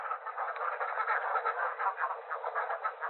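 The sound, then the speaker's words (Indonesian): A flock of ducks quacking together in a duck pen while being fed, a dense, continuous chorus of overlapping raspy calls with a steady, busy rhythm and no pauses. No one speaks. “Ramai sekali suara bebek-bebek ini.”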